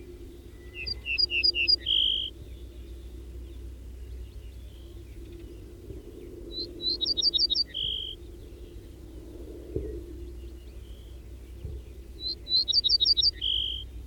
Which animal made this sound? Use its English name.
Ortolan Bunting